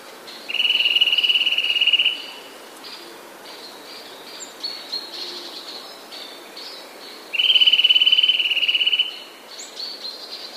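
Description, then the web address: Eurasian nuthatch song: two fast, even trills of piping notes, each lasting about one and a half seconds, with faint higher chips between them. "wroblowe kolekcja kowalik"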